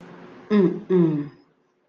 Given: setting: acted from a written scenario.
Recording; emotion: vocal sound without words; serenity